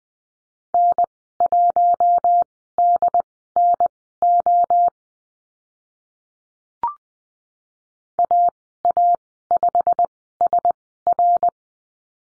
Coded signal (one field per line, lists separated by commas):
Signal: Morse code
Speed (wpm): 20 wpm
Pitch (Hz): 700 Hz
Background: none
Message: N1DNO AA5SR